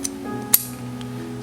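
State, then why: Seated. A CNC tool holder is pushed into a new machined aluminum tool-holding fork with a 3D-printed spring detent on a Tormach automatic tool changer for the PCNC 440, 770M and 1100M, over steady background music. A sharp snap at 0.5 s marks the holder seating in the fork detent, with faint ticks near 0.1 s and 1.0 s.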